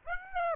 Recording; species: mosquito wingbeat signal from an infrared sensor; Aedes aegypti